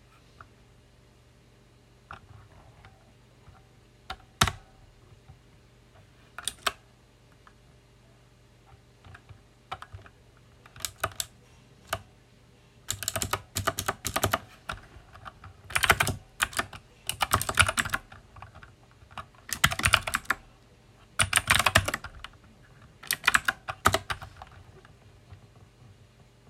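Typing on a loud mechanical keyboard, recorded close up, with sharp bright clicks. The first dozen seconds hold only scattered single keystrokes, then dense bursts of rapid typing arrive in clusters until the end. A low steady hum runs underneath throughout.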